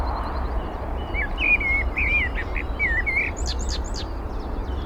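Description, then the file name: Eurasian blackbird song: a run of rich, wavering fluted notes followed by thin high twitters, with other small birds and a low continuous rumble behind. "Turdus merula"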